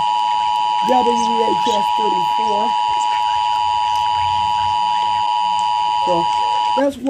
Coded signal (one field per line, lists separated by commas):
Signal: Emergency Alert System (SAME) tones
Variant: 853 and 960 Hz attention tone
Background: speech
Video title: SanabiaKnight gets a eas from a analog tv! | Sanabia LC